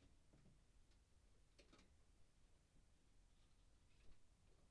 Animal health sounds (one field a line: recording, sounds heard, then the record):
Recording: poultry house recording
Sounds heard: no chicken sound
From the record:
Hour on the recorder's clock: 0